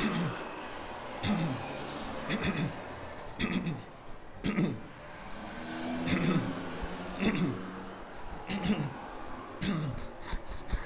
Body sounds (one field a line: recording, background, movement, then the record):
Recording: throat clearing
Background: traffic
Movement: walking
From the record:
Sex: male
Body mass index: 22.0 kg/m2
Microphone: on the chest, facing outward